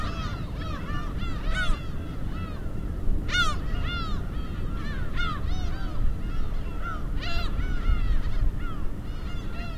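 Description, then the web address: Gulls giving loud harsh arched cries and mewing notes, several birds overlapping, over steady wave noise. Gulls with waves, Hachinohe. "Foundation 1 AMBIENCE HACHINOHE SEAGULLS WAVES"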